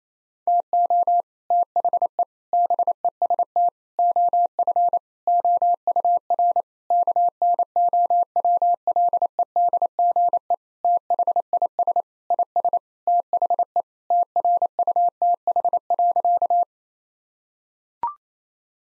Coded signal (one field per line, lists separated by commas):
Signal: Morse code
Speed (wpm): 28 wpm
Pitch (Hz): 700 Hz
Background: none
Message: TO THE BEST OF OUR KNOWLEDGE THIS IS THE TRUTH.